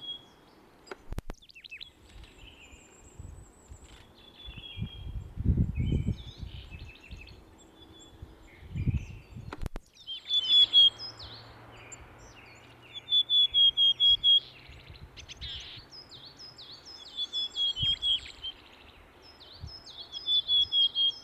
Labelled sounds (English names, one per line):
Willow Tit aggressive call